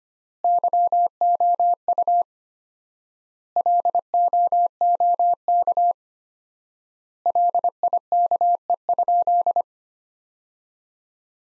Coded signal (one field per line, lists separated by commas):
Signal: Morse code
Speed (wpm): 25 wpm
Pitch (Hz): 700 Hz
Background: none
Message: YOU LOOK LIKE?